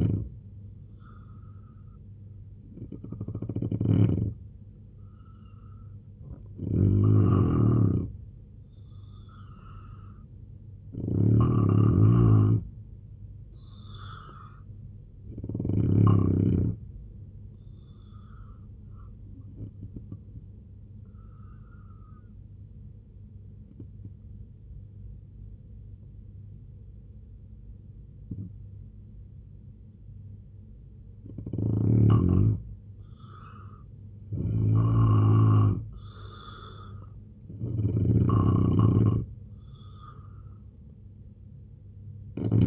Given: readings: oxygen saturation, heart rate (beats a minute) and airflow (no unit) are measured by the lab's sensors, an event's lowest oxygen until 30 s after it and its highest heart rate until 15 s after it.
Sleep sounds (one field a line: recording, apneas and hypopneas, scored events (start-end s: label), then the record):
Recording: breathing in sleep by a smartphone at the bedside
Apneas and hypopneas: 1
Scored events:
21.00-33.90 s: obstructive apnea (N2, oxygen 91% highest, then 86% lowest, heart rate 72 at the start, 85 highest)
From the record:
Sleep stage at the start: N2 (light sleep)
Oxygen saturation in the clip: 86 to 91%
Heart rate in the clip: 68 to 85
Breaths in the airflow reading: 7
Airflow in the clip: -4.4 to 6.6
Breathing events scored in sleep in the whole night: 258 in 7.4 hours asleep